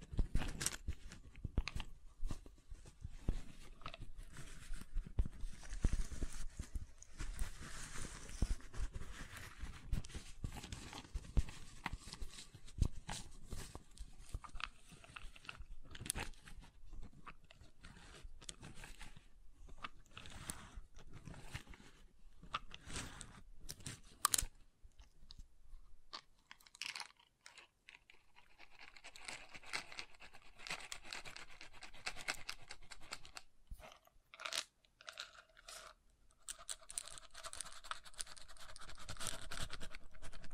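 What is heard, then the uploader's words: Wood triggers: dense, crackling crunches and scrapes on wood, busiest and loudest through the first fifteen seconds. Sharp taps and knocks punctuate the middle, and after about 25 seconds the sounds thin into sparser, brighter clicks and rustles before building again at the end. ASMR Calming Wood Triggers for Sleep (No Talking).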